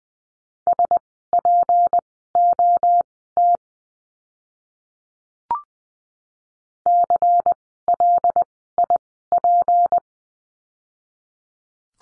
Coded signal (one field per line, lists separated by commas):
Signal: Morse code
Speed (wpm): 20 wpm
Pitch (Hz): 700 Hz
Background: none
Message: SPOT CLIP